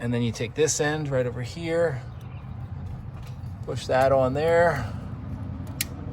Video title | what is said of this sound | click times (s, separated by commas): How to Do an Ignition Tune Up - 1995 Ford F150 | Again, click, click, and click. | 5.8 s